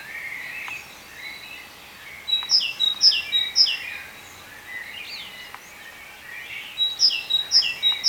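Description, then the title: Birds chattering: soft mixed twitters, then two series of bright, high chirps repeated roughly every half second, with faint clicks in the background. "cizici, birds"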